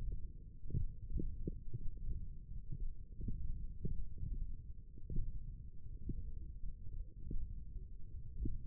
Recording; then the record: forearm muscle sounds (acoustic myography)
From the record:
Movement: tripod grip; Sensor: system 1, eight BSWA MPA416 microphones around the upper forearm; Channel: 1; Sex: male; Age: 23 years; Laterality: right